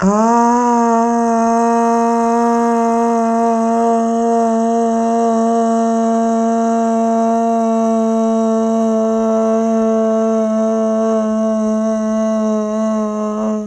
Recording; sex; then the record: sustained vowel /a/; female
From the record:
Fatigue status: no fatigue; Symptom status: asymptomatic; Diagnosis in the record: COVID-19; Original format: m4a